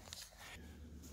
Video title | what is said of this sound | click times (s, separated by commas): Muth LED Signal Mirrors installed on 2018+ Honda Goldwing | once we have that bezel snapped | 0.1 s